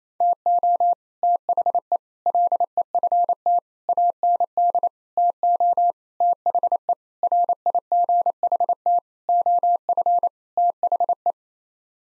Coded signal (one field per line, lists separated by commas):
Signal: Morse code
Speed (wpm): 28 wpm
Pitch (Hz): 700 Hz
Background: none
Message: TO THE LEFT AND TO THE RIGHT OF THE